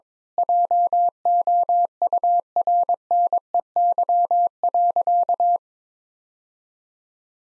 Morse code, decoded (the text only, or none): JOURNEY.